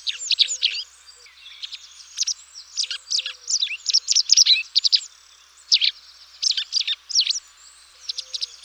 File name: motacilla alba